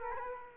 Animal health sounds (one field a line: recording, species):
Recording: mosquito wingbeat signal from an infrared sensor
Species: Culex quinquefasciatus